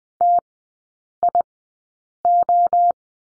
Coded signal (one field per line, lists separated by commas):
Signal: Morse code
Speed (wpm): 20 wpm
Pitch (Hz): 700 Hz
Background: none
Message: TIO